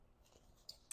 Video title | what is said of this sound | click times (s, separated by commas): Coach unboxing - The Tabby 20 & what fits! | So it definitely like uh you can hear the the snap when it closes. | 0.7 s, 0.9 s